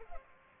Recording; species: mosquito wingbeat signal from an infrared sensor; Culex pipiens